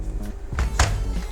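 The plastic cover of an Audi instrument cluster is pressed back onto its housing, with the clips on each side snapping in. Two sharp clicks are heard at 0.6 s and 0.8 s over a steady low background hum. The cover is seated.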